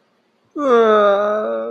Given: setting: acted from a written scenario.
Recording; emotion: vocal sound without words; sadness